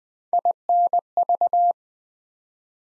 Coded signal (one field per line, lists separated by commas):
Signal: Morse code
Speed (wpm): 20 wpm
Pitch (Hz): 700 Hz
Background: none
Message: INV